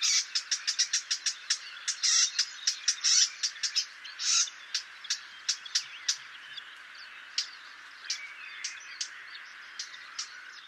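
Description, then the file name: Eurasian blackcap calls, a quick series of hard clicking notes, dense at first and then spacing out. "Sylvia atricapilla"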